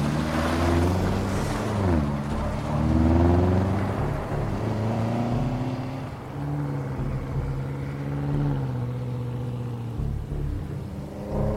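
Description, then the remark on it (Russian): A car engine drones with a deep, steady rumble, its pitch rising and falling as it revs, then easing into a lower hum as the vehicle pulls away. No voices. “Сторож провожает взглядом отъезжающий автомобиль.”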